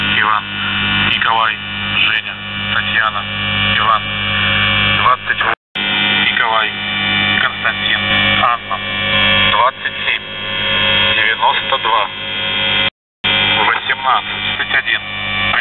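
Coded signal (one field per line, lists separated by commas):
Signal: numbers station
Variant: UVB-76, Russian voice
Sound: voice reading codewords and numbers over a continuous low buzzing drone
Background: radio static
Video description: "The Buzzer" is a Russian military radiostation that broadcasts on 4625 kHz.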